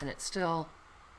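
A paper flap on a junk journal album page, fitted with a magnet closure, is being handled while someone talks briefly, followed by a quiet room background. Nothing has seated or clicked yet; the clip ends just before the magnet closure snaps shut.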